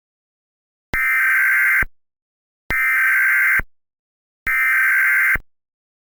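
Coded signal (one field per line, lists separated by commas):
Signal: Emergency Alert System (SAME) tones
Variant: header bursts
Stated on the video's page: Fictional EAS scenario based on the Hearts of Iron IV mod Kaiserreich, depicting resumed war.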